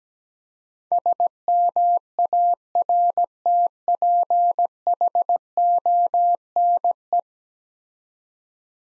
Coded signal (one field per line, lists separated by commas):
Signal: Morse code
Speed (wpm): 17 wpm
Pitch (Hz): 700 Hz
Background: none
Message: SMARTPHONE